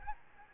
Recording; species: mosquito wingbeat signal from an infrared sensor; Aedes albopictus